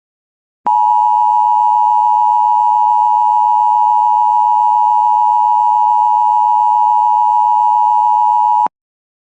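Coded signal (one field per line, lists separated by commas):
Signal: Emergency Alert System (SAME) tones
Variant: 853 and 960 Hz attention tone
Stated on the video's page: A required weekly test and three Severe Thunderstorm Warnings on an internet stream.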